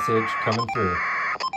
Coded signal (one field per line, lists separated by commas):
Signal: packet radio (AX.25, as in APRS)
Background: speech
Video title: APRS Email with the Kenwood D72